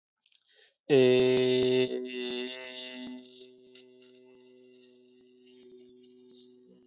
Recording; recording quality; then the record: sustained vowel as in made; excellent, no background noise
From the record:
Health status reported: respiratory illness, not identified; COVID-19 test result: not tested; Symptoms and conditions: breathing difficulty, asthma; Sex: male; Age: 18 years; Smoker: not ticked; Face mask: not worn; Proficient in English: no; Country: India